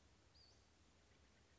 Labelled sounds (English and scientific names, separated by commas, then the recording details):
Western Flycatcher (Empidonax difficilis)
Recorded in Sonoma County, California